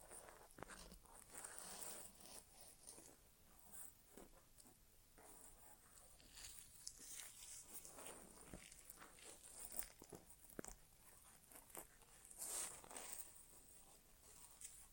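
An ASMR inner ear exam without talking: steady soft scratching and rustling, bright and hissy, runs through the whole clip. Sharper crinkly bursts and taps land every second or two, with a few louder strokes near ten and twelve seconds.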